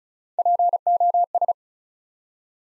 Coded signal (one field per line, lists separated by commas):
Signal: Morse code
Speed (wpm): 36 wpm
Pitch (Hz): 700 Hz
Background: none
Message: POS